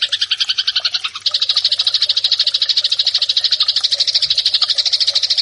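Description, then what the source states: Eurasian tree sparrow chattering in a quick, harsh series of chirps that becomes a steady, rapid rattling buzz after about one second. Eurasian tree sparrow fighting call, prepared as a master track for training birds.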